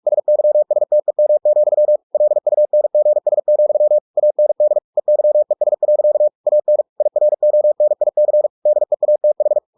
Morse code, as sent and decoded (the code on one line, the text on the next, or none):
... -.-- ... - . -- --..-- / .-.. ..- -. --. ... --..-- / .- -. -.. / . -.-- . ... .-.-.- / .- -. / .. .-. --- -. .. -.-. / -.. . .- - ....
SYSTEM, LUNGS, AND EYES. AN IRONIC DEATH